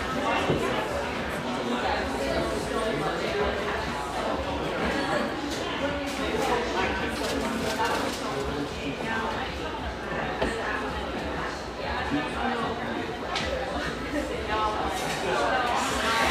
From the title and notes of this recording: Overlook, Portland, Oregon. Riverside on Portland's east Willamette banks, this industrial neighborhood sports some quality coffeehouses, including this mellow, exposed-brick gem frequented by railyard staff.